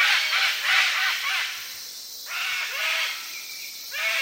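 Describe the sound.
Sulphur-crested cockatoo calls: rough, grating squawks, a noisy burst at the start, then a few separate arched screeches.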